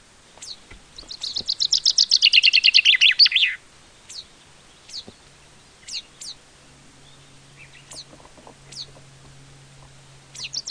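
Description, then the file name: Common chaffinch song, a quick series of repeated descending notes ending in a flourish, followed by scattered sharp downward chip calls and a faint low hum. "Fringilla coelebs"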